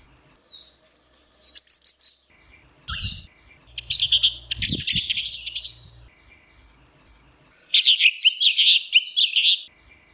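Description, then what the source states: Orange-headed thrush song: bursts of rich, varied high warbling phrases separated by short pauses, with low thumping knocks midway. Song in the ngeplong style.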